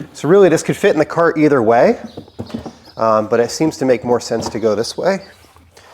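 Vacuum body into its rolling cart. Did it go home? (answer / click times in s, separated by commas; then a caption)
no / none. Someone talks while handling the body of a Milwaukee 0920-20 Dual M18 9 gallon wet/dry vacuum over its wheeled cart, which has tabs on both sides that lock the body in place. Faint handling noises come near 5.6 s and 5.8 s, but the vacuum body has not yet seated or locked onto the cart when the clip ends.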